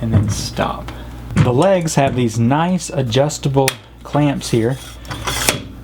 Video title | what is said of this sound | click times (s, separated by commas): Manfrotto 055 Tripod with XPro Ball Head | and you can tell definitely whenever they've clicked in because they snap quite nicely | 5.5 s